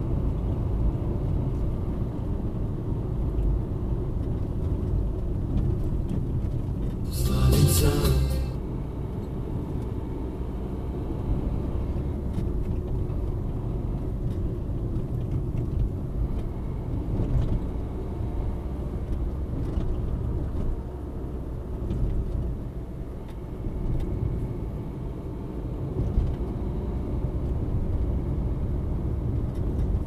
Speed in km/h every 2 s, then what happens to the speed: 55, 55, 51, 46, 47, 47, 50, 49, 48, 51, 49, 46, 47, 52, 53.
3-6 slows to 46. 6-25 steady at about 47. 25-30 speeds up to 53.